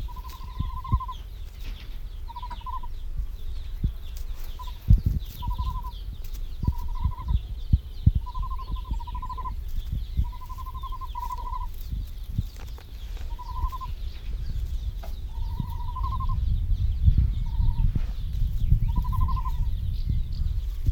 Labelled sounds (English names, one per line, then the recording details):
Great Bustard call
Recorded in captivity
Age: juvenile
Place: Serrahn, Mecklenburg-Vorpommern, DE
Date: 1970-06-26
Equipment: Nagra III BH, Sennheiser MD 421
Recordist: Schubert, Michael
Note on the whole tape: Großtrappe, 2-3-wöchige Junge, handaufgezogen: Triller-Ruf "rri" und sonorer Langruf (deutlich zwei-stimmig. Am Schluß tiefer, gutturaler Triller. MD 421